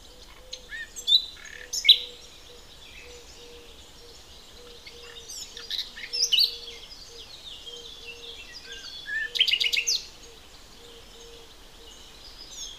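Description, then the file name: Common nightingale delivering short, loud chirping and rattling phrases in three bursts, while a low note repeats roughly every half second throughout. "Luscinia megarhynchos"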